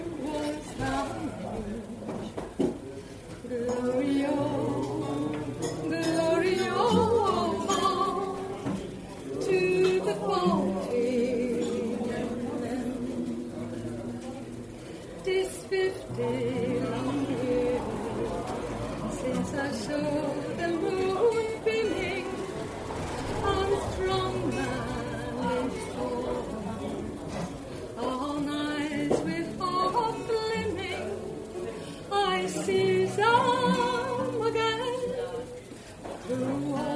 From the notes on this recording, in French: une chouette ambiance dans ce bar